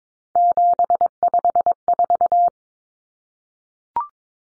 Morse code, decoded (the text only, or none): 754